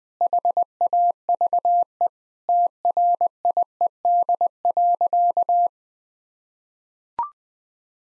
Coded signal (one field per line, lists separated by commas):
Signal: Morse code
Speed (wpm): 20 wpm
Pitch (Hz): 700 Hz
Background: none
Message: HAVE TRIED.